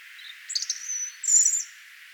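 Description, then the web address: European robin singing a brief, very high, thin phrase of short notes and a drawn-out whistle. "vogelstimmen rotkehlchen gesang nabu lars lachmann"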